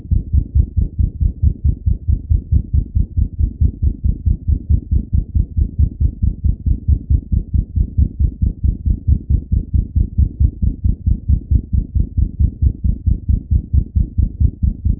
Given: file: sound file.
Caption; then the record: SAM‐AS auscultation.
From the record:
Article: Systolic third sound associated with systolic anterior motion of the mitral valve in cats with obstructive hypertrophic cardiomyopathy